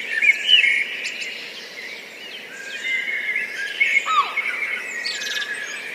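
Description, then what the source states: Blackbirds calling in a dense chorus, with overlapping squeaky whistles and chattering notes and a steady hiss beneath. Several blackbirds.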